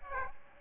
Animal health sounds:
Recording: mosquito wingbeat signal from an infrared sensor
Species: Aedes aegypti

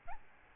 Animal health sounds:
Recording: mosquito wingbeat signal from an infrared sensor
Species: Aedes albopictus

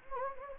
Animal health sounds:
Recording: mosquito wingbeat signal from an infrared sensor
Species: Anopheles gambiae

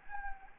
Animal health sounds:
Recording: mosquito wingbeat signal from an infrared sensor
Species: Anopheles gambiae

